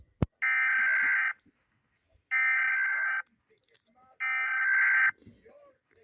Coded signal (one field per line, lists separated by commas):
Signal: Emergency Alert System (SAME) tones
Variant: header bursts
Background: speech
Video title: |EAS scenario| the great u.s.a tusami